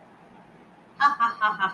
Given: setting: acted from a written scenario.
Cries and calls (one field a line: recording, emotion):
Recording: vocal sound without words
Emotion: amusement